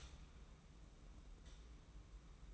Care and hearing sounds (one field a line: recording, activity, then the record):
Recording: daily activity, microphone in the room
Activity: stop toaster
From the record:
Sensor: 1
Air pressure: 991.7 hPa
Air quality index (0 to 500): 170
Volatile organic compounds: 1000 ppm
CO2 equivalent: 6421 ppm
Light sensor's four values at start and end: 33/110/43/44 and 33/110/43/44